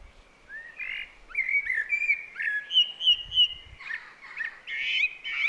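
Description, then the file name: Common blackbird sings a steady stream of mellow whistled notes, some repeated in quick succession, breaking into chattering high twitters near the end. "Turdus merula"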